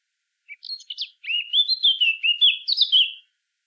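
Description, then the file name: Eurasian blackcap song: a few scratchy chattering notes, then a loud, clear, fluting warble of rich whistled phrases lasting about two seconds, with no other sounds. "Sylvia atricapilla"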